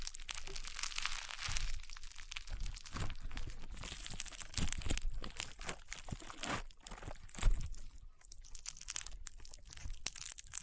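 Slime being squeezed and worked, producing a dense, continuous stream of crunchy crackles and sharp pops. The bright, crisp clicks come in quick, irregular bursts throughout, with a louder pop just after seven seconds and a brief quieter lull near eight.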